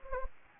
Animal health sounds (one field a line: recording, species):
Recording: mosquito wingbeat signal from an infrared sensor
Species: Anopheles gambiae